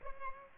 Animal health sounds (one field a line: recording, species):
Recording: mosquito wingbeat signal from an infrared sensor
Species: Culex pipiens